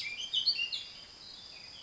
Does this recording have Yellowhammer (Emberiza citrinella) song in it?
no